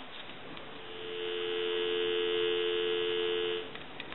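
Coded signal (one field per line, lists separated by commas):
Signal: telephone call progress tone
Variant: North America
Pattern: dial tone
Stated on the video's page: Tones heard on an original Mickey Mouse touch-tone telephone during initial checkout and repair.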